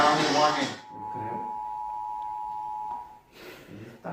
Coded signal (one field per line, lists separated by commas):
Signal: Emergency Alert System (SAME) tones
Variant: 853 and 960 Hz attention tone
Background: speech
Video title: Getting a Flash Flood and Severe Thunderstorm Warning (EAS)in 3 DIFFERENT CHANNELS *read desc*